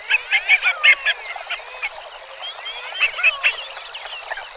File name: CHernet krasnogolovaya